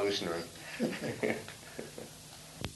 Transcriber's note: Prabhupāda laughs